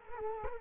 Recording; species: mosquito wingbeat signal from an infrared sensor; Culex quinquefasciatus